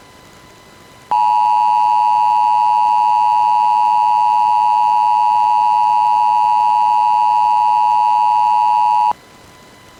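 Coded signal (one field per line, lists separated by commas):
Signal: Emergency Alert System (SAME) tones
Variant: 853 and 960 Hz attention tone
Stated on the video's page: Arizona Department of Public Safety administrative message issuing a Silver Alert for Maricopa County.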